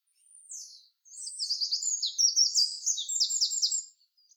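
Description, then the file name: Eurasian wren gives a short, high, sliding note, then a loud, rapid, trilling song packed with quick sharp notes and brief rattles. "Troglodytes troglodytes"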